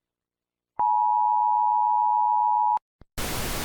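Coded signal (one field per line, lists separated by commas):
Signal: Emergency Alert System (SAME) tones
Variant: 853 and 960 Hz attention tone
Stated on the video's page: Fictional simulated EAS scenario.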